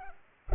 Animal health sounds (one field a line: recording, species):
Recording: mosquito wingbeat signal from an infrared sensor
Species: Culex pipiens